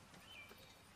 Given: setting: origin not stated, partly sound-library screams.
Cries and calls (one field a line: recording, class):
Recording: one-second piece from a danger detection set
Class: normal situation